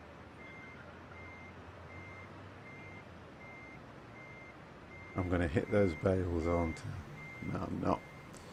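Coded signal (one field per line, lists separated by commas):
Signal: none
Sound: truck reversing beeps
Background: speech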